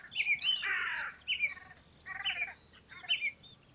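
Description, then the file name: Eurasian blackcap giving harsh, grating chattering calls in four short bursts over about four seconds, with a steady background hiss. "Sylvia atricapilla"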